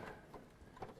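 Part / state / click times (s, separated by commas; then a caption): plastic fitting inside a concealed toilet cistern / seated / 0.3 s, 0.8 s. A plastic fitting inside a wall-hung toilet carrier tank (a concealed toilet cistern) is dropped on and pressed home by hand, with soft knocks at 0.3 s, 0.8 s and 0.8 s. The part clicks into place and is seated.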